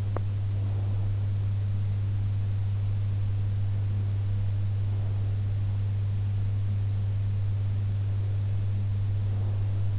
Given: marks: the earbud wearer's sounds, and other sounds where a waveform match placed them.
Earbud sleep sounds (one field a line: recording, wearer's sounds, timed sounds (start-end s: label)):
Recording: sounds in sleep by an in-ear microphone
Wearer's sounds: teeth grinding, breath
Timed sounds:
0.00-0.36 s: teeth grinding
9.16-9.99 s: breath